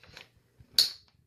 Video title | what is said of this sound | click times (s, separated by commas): Technology on the Trail | that collar all the way and hear that click you just clip the clamp so | 0.8 s